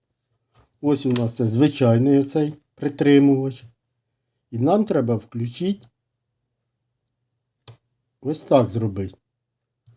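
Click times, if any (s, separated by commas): 7.7 s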